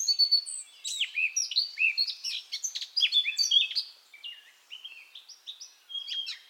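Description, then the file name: Eurasian blackcap song of quick, clear whistled notes and scratchy twitters, tapering off to softer phrases after a few seconds. "Sylvia atricapilla"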